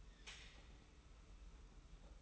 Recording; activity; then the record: daily activity, microphone in the room; take from stove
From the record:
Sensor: 1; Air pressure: 991.1 hPa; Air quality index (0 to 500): 91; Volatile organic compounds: 33 ppm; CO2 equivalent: 3030 ppm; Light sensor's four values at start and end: 36/116/46/47 and 36/116/46/47